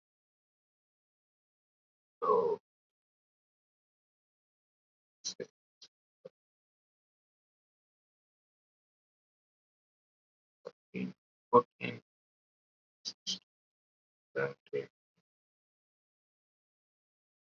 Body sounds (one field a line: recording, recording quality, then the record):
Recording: counting at a normal pace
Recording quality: poor, much background noise or distortion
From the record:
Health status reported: COVID-19 positive, mild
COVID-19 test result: positive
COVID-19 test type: RT-PCR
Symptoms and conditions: cough, fatigue, muscle pain, hypertension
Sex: male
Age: 35 years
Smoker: yes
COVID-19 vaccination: both doses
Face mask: worn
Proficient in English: yes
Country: India